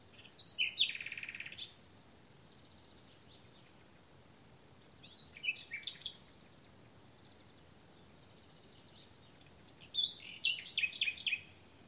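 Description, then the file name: Common nightingale song in three separate phrases, each a short burst of scratchy, rapid notes, divided by several seconds of quiet. "Luscinia megarhynchos"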